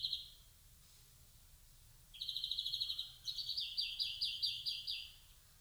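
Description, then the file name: European greenfinch call: a brief trill, a quiet gap, then a fast rattling trill running into a slightly higher, looser series of chirping notes. "Chloris chloris"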